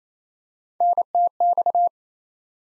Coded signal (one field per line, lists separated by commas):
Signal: Morse code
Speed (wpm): 28 wpm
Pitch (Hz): 700 Hz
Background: none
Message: NTX